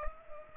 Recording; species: mosquito wingbeat signal from an infrared sensor; Culex pipiens